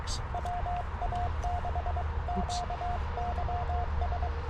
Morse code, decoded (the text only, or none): WA6QYS